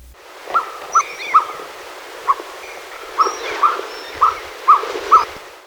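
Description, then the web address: Rufous-bellied nighthawk calls: a loose series of short, clipped mid-pitched notes, unevenly spaced with pauses in the middle. Ecuador. "Natures Songs S America Birds of Ecuador. Rufous-Bellied Nighthawk"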